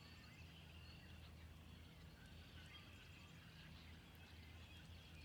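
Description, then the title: A spring peeper chorus forms a steady high-pitched ringing wall of overlapping peeps, beneath which a low droning rumble persists. Recorded 6 April 2021. "2021-04-06-Spring-Peepers"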